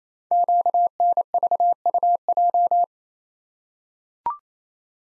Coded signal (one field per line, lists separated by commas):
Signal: Morse code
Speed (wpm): 27 wpm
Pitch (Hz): 700 Hz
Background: none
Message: QNVUJ